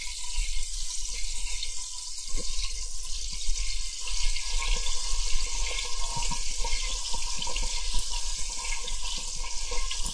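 Water moves in a large glass bowl, a steady bright hiss of fizzing and trickling running throughout. Small clinks and bubbly pops break through irregularly, with a low steady hum underneath the whole time.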